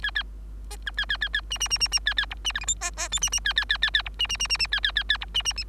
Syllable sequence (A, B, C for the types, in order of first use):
A B C C C C D D D D D C C E D F G H A A I D D C C C C C E D D D D D C C C C E D D D